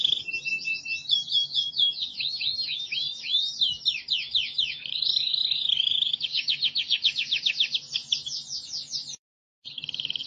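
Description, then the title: Canary song, varied sequence of swooping whistles, warbles and fast trills, with a short silent gap near the end before the trilling continues. "Kenari"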